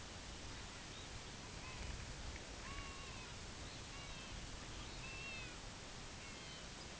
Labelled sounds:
unidentified sound
Red Phalarope
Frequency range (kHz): Red Phalarope 2.8-5.2 kHz
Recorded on Arctic tundra, site UTQI-5, on 16 June 2019
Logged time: 12:00

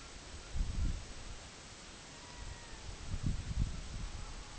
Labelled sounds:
unidentified sound
Red-throated Loon
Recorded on Arctic tundra, site EABA-MC, on 24 June 2019
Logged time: 12:00

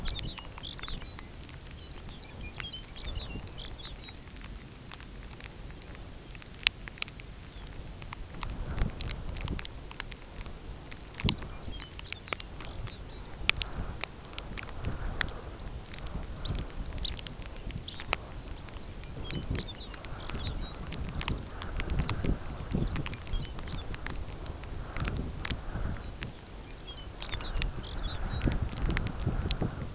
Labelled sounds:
Lapland Longspur
unidentified sound
Red Phalarope
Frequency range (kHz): Lapland Longspur 1.3-6.2 kHz; Red Phalarope 2.1-5.3 kHz
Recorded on Arctic tundra, site UTQI-5, on 13 June 2019
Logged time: 18:00

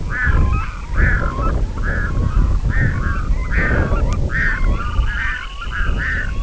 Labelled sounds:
Red-throated Loon
Dunlin
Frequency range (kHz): Red-throated Loon 0.4-4.7 kHz; Dunlin 1.9-3.4 kHz
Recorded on Arctic tundra, site IGLO-D, on 19 June 2018
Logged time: 18:00

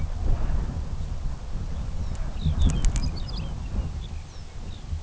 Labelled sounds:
unidentified sound
Lapland Longspur
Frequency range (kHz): Lapland Longspur 1.9-6.3 kHz
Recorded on Arctic tundra, site UTQI-2, on 17 June 2019
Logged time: 06:00

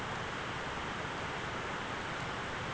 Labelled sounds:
none
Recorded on Arctic tundra, site ZACK-1, on 13 June 2019
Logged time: 03:49

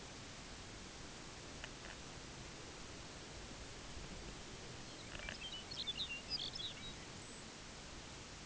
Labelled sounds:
Lapland Longspur
unidentified sound
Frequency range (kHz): Lapland Longspur 0.9-5.8 kHz
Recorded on Arctic tundra, site UTQI-5, on 14 June 2019
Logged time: 14:00

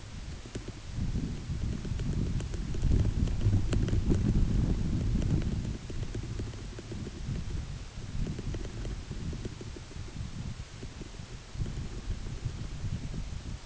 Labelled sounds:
none
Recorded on Arctic tundra, site UTQI-8, on 14 June 2019
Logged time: 10:00

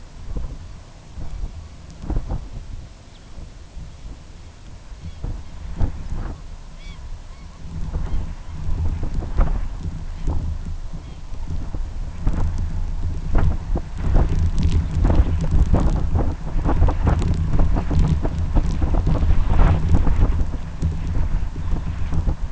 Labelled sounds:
Long-tailed Jaeger
unidentified sound
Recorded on Arctic tundra, site UTQI-2, on 11 June 2019
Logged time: 20:00

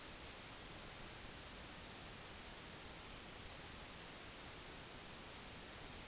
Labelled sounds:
none
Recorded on Arctic tundra, site NAIT-1, on 25 June 2019
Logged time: 10:00

